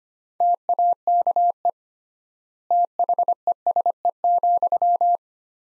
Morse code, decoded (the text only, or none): TAKE THESE,